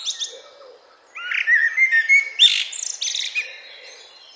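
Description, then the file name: Common blackbird giving a short burst of song: a low fluty warble followed straight away by bright, high, scratchy twittering notes. "Turdus merula"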